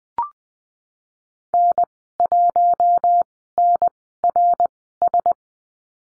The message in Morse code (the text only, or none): N1NRS